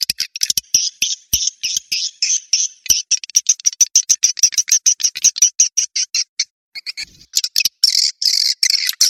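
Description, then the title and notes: Swiftlet calls: crisp high chirps in a quick, fairly even series, a short gap, then harsher twittering bursts. Asia; sound used in swiftlet farming to attract the birds. "Swiflet Bird Sound. Farming Swiflet Bird asia sound"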